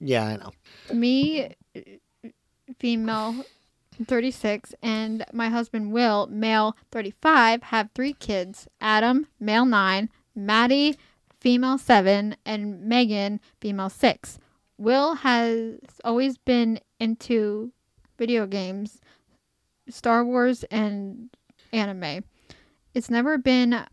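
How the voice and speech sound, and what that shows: An adult woman who stutters reads aloud in short, halting bursts separated by frequent long pauses, with a filled 'uh' and a stretched vowel before a word. These blocks and prolongations fit stuttering, which for her appears when reading aloud while her conversational speech is fluent.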